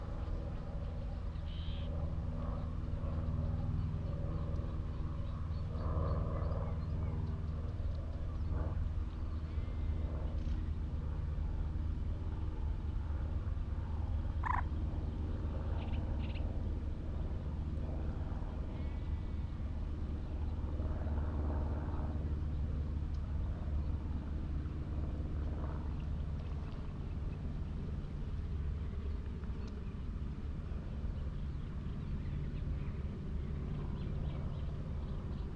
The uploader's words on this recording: Out in the wide open on Higham Marshes in Kent on a warm May afternoon. It's a perfect location for the Lento mics too. The sound scene of the Higham Marshes nature reserve from a little hawthorn tree in full scented blossom. Giant operating container ports rumble on the same horizon.